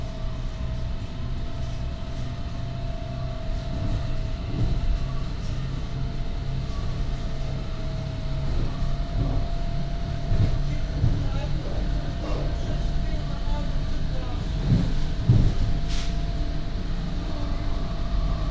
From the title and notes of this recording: NS Sprinter. The Netherlands. Recorded between Den Haag and Amsterdam Sloterdijk. Surprisingly few human sounds and a lot of harmony coming from the train.